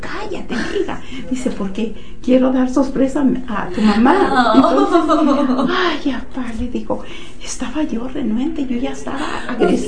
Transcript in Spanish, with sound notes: “Cállate hija”, dice, “porque quiero dar sorpresa a tu mamá”.
¡Oh! (risas)
“Y apá”, le digo… estaba yo renuente, yo ya estaba agresiva.